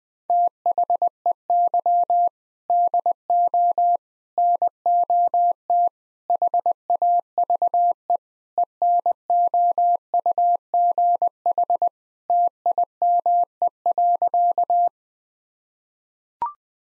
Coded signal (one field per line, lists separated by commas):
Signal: Morse code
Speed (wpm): 20 wpm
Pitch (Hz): 700 Hz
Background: none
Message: THEY DO NOT HAVE ENOUGH TIME.